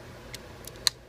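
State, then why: Seated. An arm piece on a plastic Combiner Wars Leader Class Megatron action-figure robot is folded up and pushed into the toy robot's arm joint during transformation. Two faint plastic ticks come at about 0.3 s and 0.7 s, then a sharp, strong click at 0.9 s as the arm piece seats into place.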